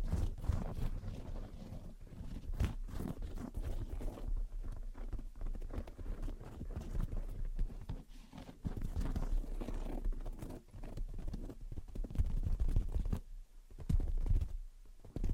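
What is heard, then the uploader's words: Gentle tapping and scratching go on without a break, a dense run of soft knocks with irregular timing and a few sharper taps around two to three seconds. A rustling scratch fills the gaps, and the sound thins briefly near thirteen seconds before resuming. Gentle Tapping and Scratching. (No Talking).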